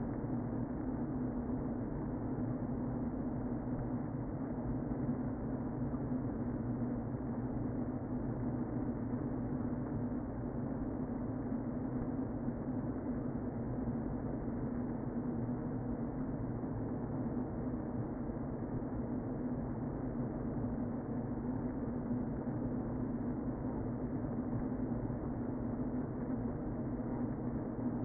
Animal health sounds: honeybee colony, microphone inside the hive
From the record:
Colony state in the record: queen present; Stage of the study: before two queens were removed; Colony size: about 60,000 bees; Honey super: yes

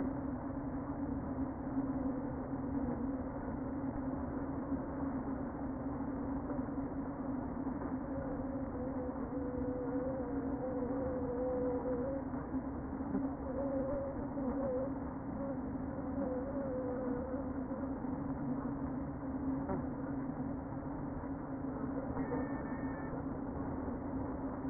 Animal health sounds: honeybee colony, microphone inside the hive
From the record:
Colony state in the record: queen present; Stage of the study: before two queens were removed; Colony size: about 60,000 bees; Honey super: yes

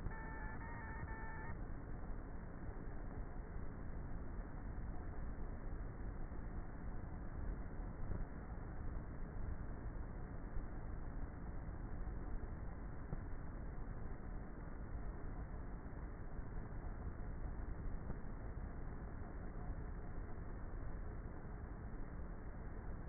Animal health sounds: honeybee colony, microphone inside the hive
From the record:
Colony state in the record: queenless with a low population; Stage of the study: before two queens were removed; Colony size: about 30,000 bees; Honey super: no

